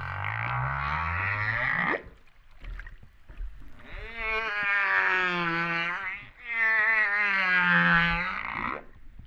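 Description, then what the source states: Humpback whale moans: a low rising groan, a short gap, then two long harmonic cries of about two seconds each. Recorded off Réunion on 13 September 2011 at 08:35:04.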